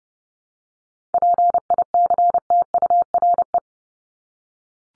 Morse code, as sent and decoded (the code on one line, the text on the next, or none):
.--. .. -.-. - ..- .-. .
PICTURE